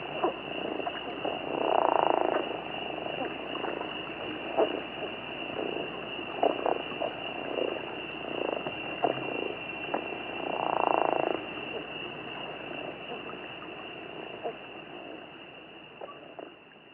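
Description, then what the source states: Chiricahua leopard frog calls, two low snoring rattles about a second long and roughly nine seconds apart, over a steady high-pitched whine and faint clicking background. Arizona.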